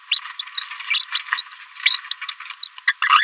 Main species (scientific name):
Forpus passerinus